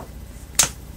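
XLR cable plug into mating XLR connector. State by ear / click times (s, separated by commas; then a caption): seated / 0.6 s. A female XLR cable connector is pushed onto the male end of a mating XLR connector. It locks with a single sharp, bright click at 0.6 s over a quiet background. The connector is seated and locked.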